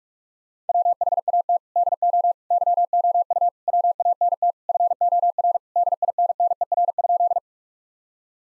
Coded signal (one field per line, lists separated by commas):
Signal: Morse code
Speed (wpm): 42 wpm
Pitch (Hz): 700 Hz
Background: none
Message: WHAT DO YOU WANT FOR DINNER?